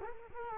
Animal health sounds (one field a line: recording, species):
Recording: mosquito wingbeat signal from an infrared sensor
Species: Culex quinquefasciatus